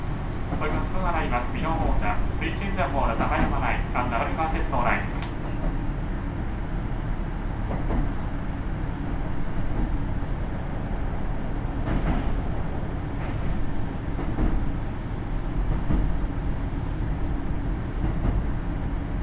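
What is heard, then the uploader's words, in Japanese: Onboard a KiHa 75 diesel railcar on the Takayama Line, a steady low engine rumble runs throughout, with a voice speaking during the first five seconds. 高山本線 岐阜→美濃太田（キハ75）。車両はキハ75系で快速みえ号にも使われています。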